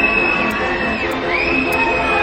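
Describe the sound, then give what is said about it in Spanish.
A dense, steady wash of crowd noise with applause and cheering for Spain's Minister of Education Pilar del Castillo as she enters the Teatro Campoamor for the Goya gala, loud and continuous throughout, with a faint whistle-like tone running through it. “Los aplausos que escuchan son para la ministra de Educación, Pilar del Castillo, que hace su entrada en este momento en el Teatro Campo Amor.”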